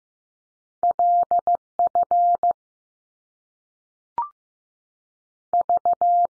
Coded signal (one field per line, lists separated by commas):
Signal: Morse code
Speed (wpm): 15 wpm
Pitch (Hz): 700 Hz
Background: none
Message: L F V